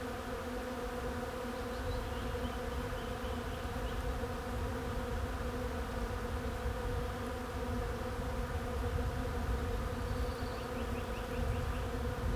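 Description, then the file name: Bees making a constant humming drone, thick and unbroken, with a low rumble beneath and a few faint high chirps. "abeilles"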